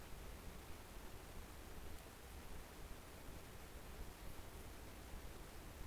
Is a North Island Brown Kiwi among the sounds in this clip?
no